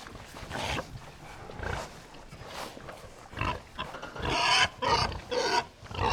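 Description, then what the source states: Pigs grunting and snorting in rough, noisy bursts, several overlapping, louder and harsher toward the end with short squeal-like outbursts. A herd of pigs grunting.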